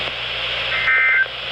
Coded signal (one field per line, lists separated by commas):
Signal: Emergency Alert System (SAME) tones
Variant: end-of-message bursts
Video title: Severe Thunderstorm Warning (EAS #1,012) 7/7/17